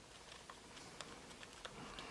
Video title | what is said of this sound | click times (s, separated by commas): Galaxy Note Edge Screen Replacement Repair How To Change | And you can feel it clicking in different places. | 1.0 s, 1.4 s, 1.7 s